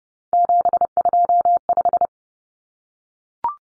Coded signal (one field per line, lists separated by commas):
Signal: Morse code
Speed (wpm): 30 wpm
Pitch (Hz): 700 Hz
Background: none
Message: 725